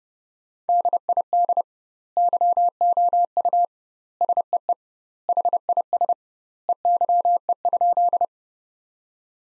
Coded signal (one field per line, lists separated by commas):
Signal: Morse code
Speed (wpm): 30 wpm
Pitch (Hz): 700 Hz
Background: none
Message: DID YOU SEE HIS EYE?